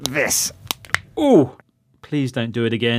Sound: cracking knuckles

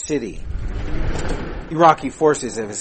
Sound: explosion

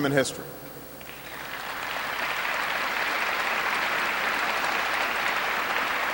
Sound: applause

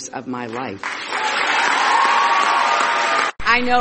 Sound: applause

